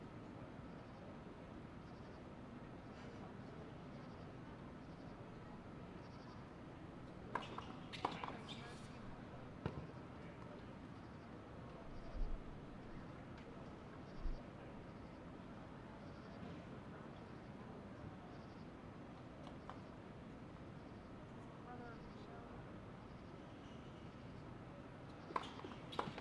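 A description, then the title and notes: At a night tennis court, a steady low rumble of traffic or trains fills the background while people talk quietly. Sharp ball strikes and short scuffs stand out around 7–10 seconds and again near 25 seconds, over a faint constant high chirping. Night time tennis match. Late at night there's a tennis match. The crickets chirp, trains passby in the disance, people quietly chat, two tennis players compete.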